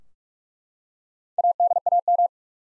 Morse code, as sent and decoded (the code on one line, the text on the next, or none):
.- -.. .- --
ADAM